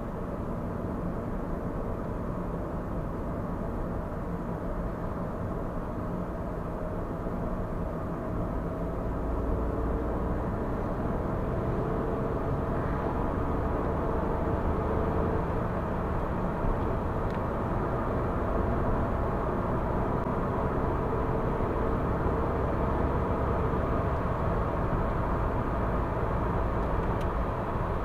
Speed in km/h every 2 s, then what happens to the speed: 56, 57, 58, 59, 63, 71, 79, 87, 89, 90, 94, 98, 98, 100.
0-7 steady at about 57. 7-28 speeds up to 100.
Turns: none.